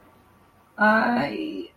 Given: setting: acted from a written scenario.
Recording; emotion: vocal sound without words; pain